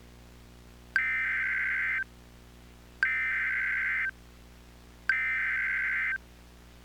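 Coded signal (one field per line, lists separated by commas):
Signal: Emergency Alert System (SAME) tones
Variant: header bursts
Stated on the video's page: Fictional NOAA Weather Radio scenario with two alerts, using the automated computer voice system.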